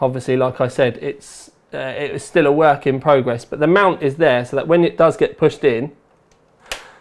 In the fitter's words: it snaps into place so it does mean that the top fan still has uh dust filtering and exactly the same same way